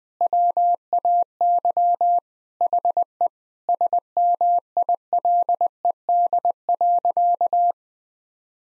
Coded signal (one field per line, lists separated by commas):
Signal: Morse code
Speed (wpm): 20 wpm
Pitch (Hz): 700 Hz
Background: none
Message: WAY HE SMILED.